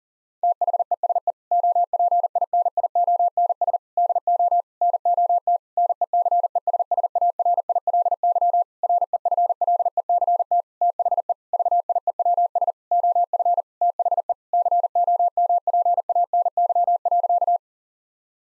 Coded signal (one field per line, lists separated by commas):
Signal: Morse code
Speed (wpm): 40 wpm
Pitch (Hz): 700 Hz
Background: none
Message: THESE OPINIONS DO NOT NECESSARILY REFLECT THE VIEWS OF THE COMPANY.